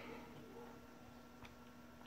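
A second memory module is pressed down into the SO-DIMM slot latches of an HP EliteBook 8470p laptop, installed the same way as the first. A single short click at 1.4 s is heard over a low, steady hum, and the module is seated.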